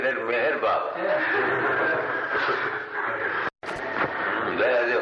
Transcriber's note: laughter